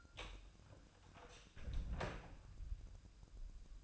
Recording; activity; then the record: daily activity, microphone in the room; close door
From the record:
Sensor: 2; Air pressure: 1004.8 hPa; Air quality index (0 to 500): 73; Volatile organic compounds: 1 ppm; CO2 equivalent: 868 ppm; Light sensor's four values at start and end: 7/17/7/7 and 7/17/7/7